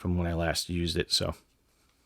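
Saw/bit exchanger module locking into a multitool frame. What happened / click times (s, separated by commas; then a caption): Handled, not yet home: no seating click heard / none. Someone talks while handling the saw/T-shank exchanger module of a Leatherman Surge heavy-duty multitool, which had not been locked properly into the multitool frame since it was last used. Nothing has seated or clicked into place yet.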